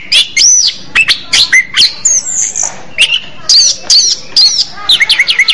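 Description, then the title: Orange-headed thrush song: loud, varied phrases of clear whistles and slurred notes, some rising, others dropping, with short sharp chips between phrases. "Anis Merah"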